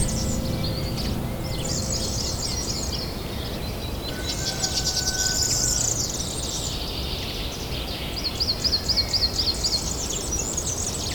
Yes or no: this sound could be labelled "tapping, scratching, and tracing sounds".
no